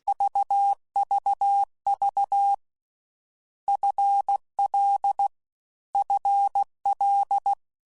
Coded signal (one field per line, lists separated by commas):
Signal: Morse code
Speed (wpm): 16 wpm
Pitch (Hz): 800 Hz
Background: none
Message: VVV FL FL